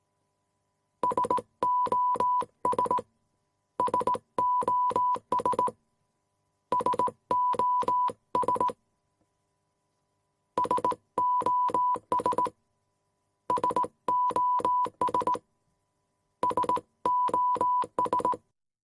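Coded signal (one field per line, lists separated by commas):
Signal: Morse code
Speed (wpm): 18 wpm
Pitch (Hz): 990 Hz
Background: none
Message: SOS SOS SOS SOS SOS SOS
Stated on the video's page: Morse code SOS sound effect.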